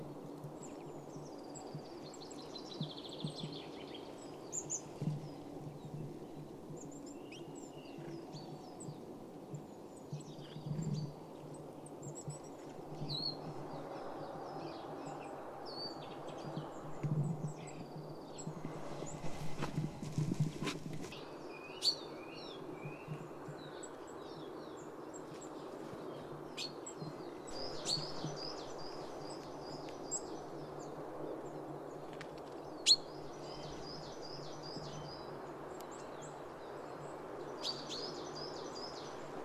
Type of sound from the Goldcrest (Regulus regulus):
call